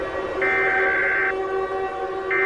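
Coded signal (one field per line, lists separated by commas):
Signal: Emergency Alert System (SAME) tones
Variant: header bursts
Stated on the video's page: Fictional EAS scenario, not a real alert.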